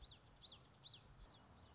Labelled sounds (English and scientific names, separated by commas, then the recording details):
Common Yellowthroat (Geothlypis trichas)
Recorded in Sonoma County, California